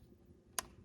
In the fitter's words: Make sure you get that click.